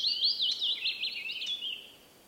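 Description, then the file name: Willow warbler with a short, sweet, descending run of whistled notes that tapers off quickly. "piecuszek Phylloscopus trochilus"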